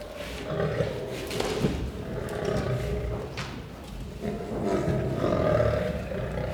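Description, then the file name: Lion growling and roaring, deep throaty rumbles, somewhat louder toward the end. "Het grommen en brullen van een leeuw - Sound Cloud - Beeld en Geluid"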